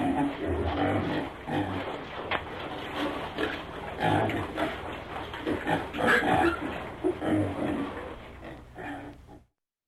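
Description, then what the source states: Pigs grunting and squealing in overlapping bursts throughout. Pigsty.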